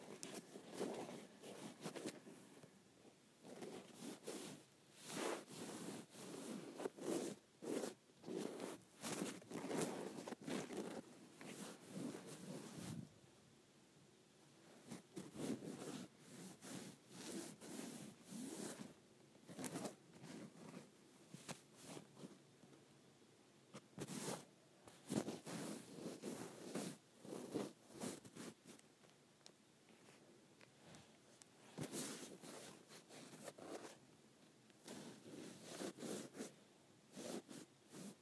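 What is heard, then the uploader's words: Scraping along a cord in rough, repeated strokes, each a gritty rasp with sharp bright edges and a fuller low-mid body. The strokes come in dense bursts with brief pauses, notably a quieter stretch around 13 seconds and another near 30. ASMR Scraping the Cord of my iPhone Charger.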